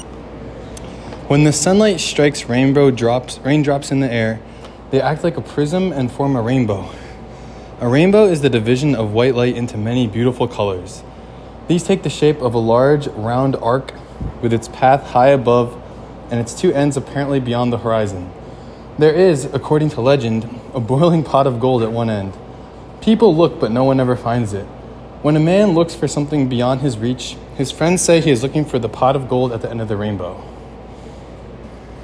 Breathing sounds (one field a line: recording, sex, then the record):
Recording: reading aloud after running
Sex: male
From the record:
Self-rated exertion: vigorous exertion (4 of 6)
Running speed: 10 miles an hour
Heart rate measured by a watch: 126 beats a minute at the start, 122 at the end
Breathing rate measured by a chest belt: 30 breaths a minute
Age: 27 years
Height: 188 cm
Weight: 79 kg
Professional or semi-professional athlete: no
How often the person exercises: 3 to 5 times a week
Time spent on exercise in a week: 3 to 4 hours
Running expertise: yes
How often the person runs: 1 to 2 times a week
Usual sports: running, tennis, rock climbing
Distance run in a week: 10 km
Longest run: 42 km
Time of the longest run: 220 minutes